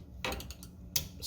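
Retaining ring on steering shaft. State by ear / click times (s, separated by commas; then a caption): seated / 1.0 s. On a 1978 Chevrolet Monte Carlo (G-body) steering column, during a turn signal switch replacement, the steering column lock plate is pushed down the shaft with a series of light metallic ticks and scrapes. At 1.0 s its retaining ring snaps into the shaft groove with a sharp click, and the ring is seated.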